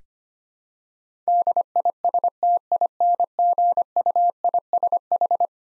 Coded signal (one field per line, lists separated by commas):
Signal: Morse code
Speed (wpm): 25 wpm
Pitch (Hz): 700 Hz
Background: none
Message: DISTINGUISH